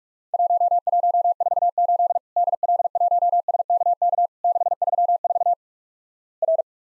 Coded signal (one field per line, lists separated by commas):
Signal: Morse code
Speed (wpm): 46 wpm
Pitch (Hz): 700 Hz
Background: none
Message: 1148 DL1SKK 634 R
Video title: Worked All Europe DX Contest QTC Exchange with Repeats 45wpm